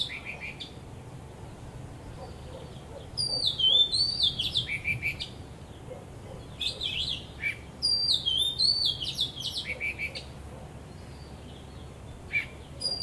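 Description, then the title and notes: Bird song in separate phrases: clusters of high whistled notes that sweep down, repeated several times with short quiet breaks. Birds singing vigorously at Wu Kai Sha, Hong Kong, 15 December 2006; recorded with AKG condenser microphones in XY stereo. "香港 烏溪沙 雀鳥勁唱歌 Date: 15 December 2006"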